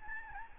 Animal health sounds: mosquito wingbeat signal from an infrared sensor; Aedes albopictus

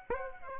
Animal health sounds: mosquito wingbeat signal from an infrared sensor; Aedes aegypti

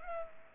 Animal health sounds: mosquito wingbeat signal from an infrared sensor; Culex pipiens

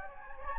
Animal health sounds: mosquito wingbeat signal from an infrared sensor; Anopheles gambiae

